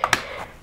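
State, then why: Seated. A DDR3 memory stick is lined up by its notches and pressed firmly into the third DIMM slot of a Dell OptiPlex 790 desktop motherboard, since slots one and two are already full. Two sharp clicks ring out at 0.0 and 0.1 seconds as the slot's two retention clips snap shut, followed by a quiet fading tail. The module is seated.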